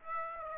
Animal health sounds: mosquito wingbeat signal from an infrared sensor; Aedes aegypti

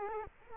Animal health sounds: mosquito wingbeat signal from an infrared sensor; Culex quinquefasciatus

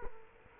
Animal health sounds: mosquito wingbeat signal from an infrared sensor; Culex quinquefasciatus

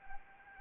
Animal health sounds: mosquito wingbeat signal from an infrared sensor; Anopheles arabiensis

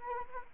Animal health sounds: mosquito wingbeat signal from an infrared sensor; Anopheles arabiensis

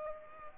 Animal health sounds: mosquito wingbeat signal from an infrared sensor; Culex pipiens

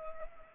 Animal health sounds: mosquito wingbeat signal from an infrared sensor; Culex pipiens

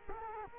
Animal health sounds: mosquito wingbeat signal from an infrared sensor; Culex quinquefasciatus

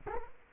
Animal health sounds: mosquito wingbeat signal from an infrared sensor; Culex quinquefasciatus

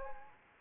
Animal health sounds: mosquito wingbeat signal from an infrared sensor; Anopheles arabiensis

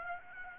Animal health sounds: mosquito wingbeat signal from an infrared sensor; Aedes aegypti

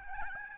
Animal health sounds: mosquito wingbeat signal from an infrared sensor; Aedes albopictus

